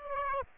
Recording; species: mosquito wingbeat signal from an infrared sensor; Aedes aegypti